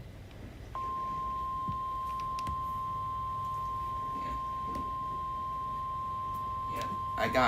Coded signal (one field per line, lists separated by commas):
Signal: Emergency Alert System (SAME) tones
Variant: 1050 Hz attention tone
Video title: Hurricane Milton's Alerts | TH and Partial DH with SOOO MUCH TORNADO WARNINGS! | EAS #6-25/WEA #1-2